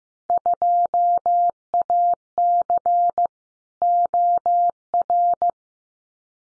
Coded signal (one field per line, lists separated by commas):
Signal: Morse code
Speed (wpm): 15 wpm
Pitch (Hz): 700 Hz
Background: none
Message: 2AC OR